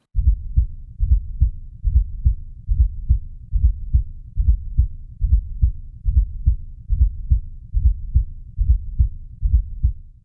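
Heart heard through a stethoscope at about 71 beats per minute with a regular rhythm, with a fourth heart sound (S4), low-pitched, which can be normal in some circumstances.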